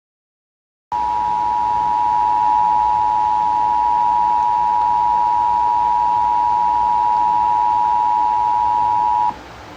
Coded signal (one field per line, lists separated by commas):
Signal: Emergency Alert System (SAME) tones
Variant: 853 and 960 Hz attention tone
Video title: EAS Scenario #2 Sonic EXE Rampage 60 Subscribers Special